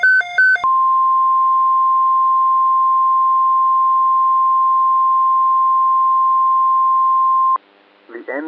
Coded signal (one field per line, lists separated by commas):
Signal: Emergency Alert System (SAME) tones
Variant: 1050 Hz attention tone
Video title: Merry Windmas! (EAS Scenario)